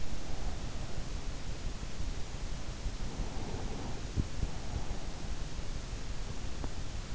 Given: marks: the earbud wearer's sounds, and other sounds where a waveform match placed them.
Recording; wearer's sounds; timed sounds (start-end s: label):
sounds in sleep by an in-ear microphone; breath
2.85-4.63 s: breath